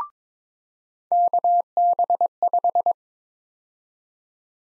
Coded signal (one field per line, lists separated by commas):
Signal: Morse code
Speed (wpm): 21 wpm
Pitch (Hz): 700 Hz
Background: none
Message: KB5